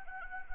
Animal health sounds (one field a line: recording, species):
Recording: mosquito wingbeat signal from an infrared sensor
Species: Anopheles arabiensis